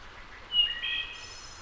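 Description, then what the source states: Wood thrush song phrase: two clear whistled notes followed by a higher, silvery trill against faint ambient noise. Returning wood thrush.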